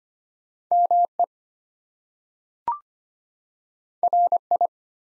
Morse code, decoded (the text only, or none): ME RI